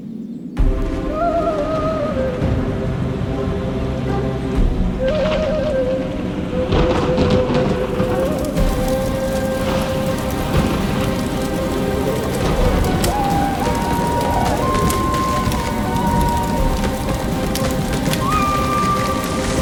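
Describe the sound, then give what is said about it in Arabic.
A steady storm, strong enough to uproot a tree, with heavy rain hissing and pattering throughout, while deep rumbles and cracking crashes of thunder roll underneath. No one speaks; the downpour stays loud and continuous for the whole stretch. “تقدست أيها الفرعون العظيم، لقد أمر العاصفة أن تهب وتقتلع تلك الشجرة كي تهدم المعبد الصغير، لأن فرعون يريد بناء معبد أكبر يليق بمقامه.”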